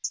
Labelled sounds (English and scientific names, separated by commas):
Hooded Warbler (Setophaga citrina) flight call